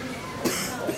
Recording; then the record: coughing mixed with background sound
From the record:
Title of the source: 30 Chesty and wet cough